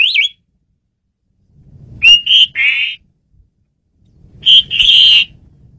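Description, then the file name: Asian pied starling giving a wavering whistle, then buzzy, harsh notes in two short bouts over faint low rumbling. Female bird, used as a lure bird. "jalak suren betina pemikat"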